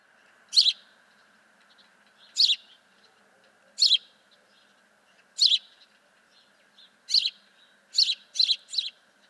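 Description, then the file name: House sparrow chirping: bright, scratchy single notes spaced a second or two apart, then quickening into a close cluster of chirps near the end. "Passer domesticus"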